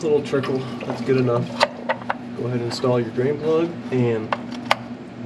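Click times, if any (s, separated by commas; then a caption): 4.7 s. A quarter-turn oil drain plug is installed into the engine oil pan of a Ford F-150 2.7 EcoBoost after draining and turned until it locks. Someone talks over small handling noises, then a sharp click at 4.7 s marks the plug seating and locking tight.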